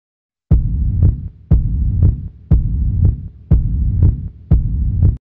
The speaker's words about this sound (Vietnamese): Một cảm giác cực độ nguy hiểm từ đầu ùa tới, khiến nhịp tim trong lồng ngực bỗng chốc gia tăng rất là nhanh chóng.